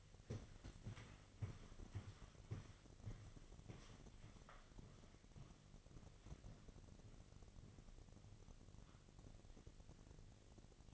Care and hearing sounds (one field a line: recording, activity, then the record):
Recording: daily activity, microphone in the room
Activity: walk to room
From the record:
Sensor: 4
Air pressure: 1000.3 hPa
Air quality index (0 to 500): 209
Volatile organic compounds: 20 ppm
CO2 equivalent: 2692 ppm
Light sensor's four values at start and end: 9/19/8/7 and 9/21/8/8